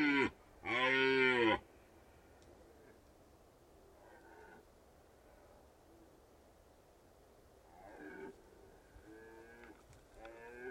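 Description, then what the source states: Red deer stag roaring loudly at the start, then a long quiet stretch with a few faint roars later. Stags rutting in the Carpathian Mountains, Bucovina, Romania.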